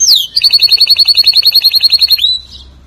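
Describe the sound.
Canary song: a quick falling whistle, then a steady rapid trill of high pulsed notes lasting about two seconds before fading.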